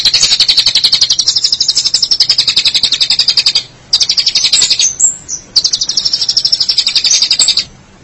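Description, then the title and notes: Shrike song: a very fast, loud, high trill of buzzy notes in three long bursts separated by short pauses, with a brief squeaky note between. Local Indonesian name 'pentet'; recording labelled 201703. "Suara burung pentet"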